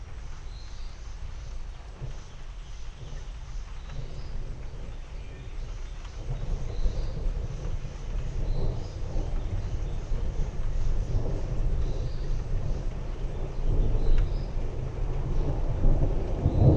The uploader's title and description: Texas Thunderstorm. Slow rolling thunderstorm in the East Texas region.